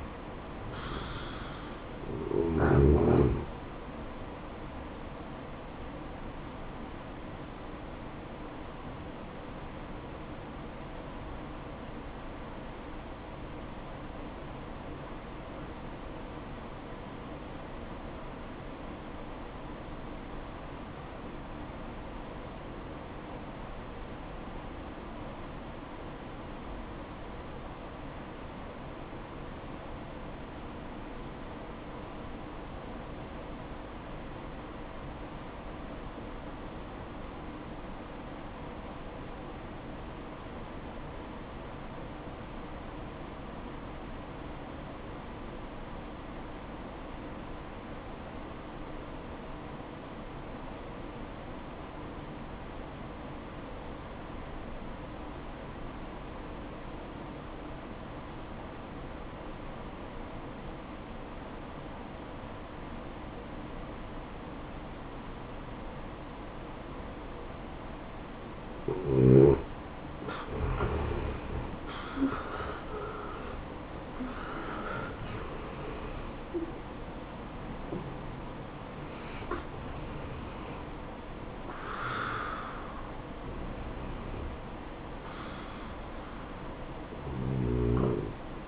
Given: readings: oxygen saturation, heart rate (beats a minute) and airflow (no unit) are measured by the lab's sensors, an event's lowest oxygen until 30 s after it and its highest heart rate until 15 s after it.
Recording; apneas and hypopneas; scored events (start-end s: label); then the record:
breathing in sleep by a voice recorder at the bedside; 1
5.00-88.68 s: new sleep stage, N1 (lightest sleep)
8.00-71.10 s: obstructive apnea (N1, oxygen 95% highest, then 72% lowest, heart rate 69 at the start, 88 highest)
From the record:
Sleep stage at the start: N2 (light sleep); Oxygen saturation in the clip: 73 to 95%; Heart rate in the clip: 54 to 88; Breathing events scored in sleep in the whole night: 573 in 9.8 hours asleep